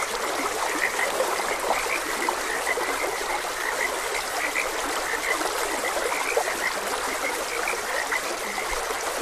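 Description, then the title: Frogs croaking in a steady chorus of short, bright notes repeated in quick succession, over the constant rushing hiss of flowing stream water. Frogs croaking beside a gentle stream. "Gentle Stream and Frogs Croaking"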